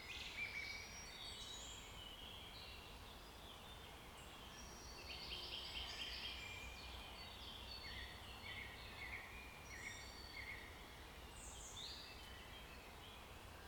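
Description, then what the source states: Mixed birdsong: many overlapping chirps, whistles and short trills from several birds, softly layered over low background noise. Forest setting.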